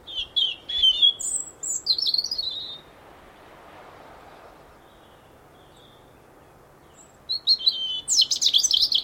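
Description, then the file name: European robin song in two bursts of rapid, varied high tinkling and whistled notes, separated by several seconds of quiet background hiss. "Erithacus rubecula"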